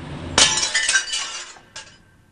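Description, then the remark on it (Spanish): Glass from a street light, hit by a slingshot, shatters with a sharp, loud crash, followed by bright tinkling fragments that fade out, then a second smaller burst of breaking glass near the end. No voices. “In one case, when he was about 10, the power company rose the rates, and he and his band went around in a vandalistic or juvenile protest, knocking out all of the street lights with their slingshots.”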